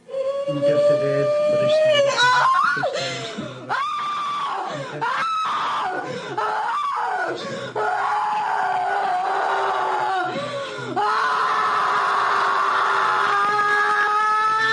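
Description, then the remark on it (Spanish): A person's tremendous, sustained scream at the end of a possession rises and falls in pitch, loud and strained, breaking into wails and groans and swelling again over nearly fifteen seconds. “Sabemos que la posesión ha acabado cuando se produce un grito tremendo, fortísimo, estentóreo, y la persona cae al suelo como muerta.”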